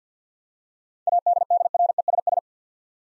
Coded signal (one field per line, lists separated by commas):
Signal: Morse code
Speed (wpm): 52 wpm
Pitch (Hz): 700 Hz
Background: none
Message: ADDRESS